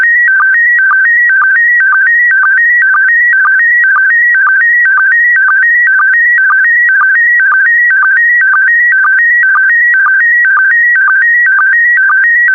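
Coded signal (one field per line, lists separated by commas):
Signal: SSTV (slow-scan television)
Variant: PD120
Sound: warbling tone jumping between two pitches, with a short low blip about twice a second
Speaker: that concludes the daily transmission of slow scan tv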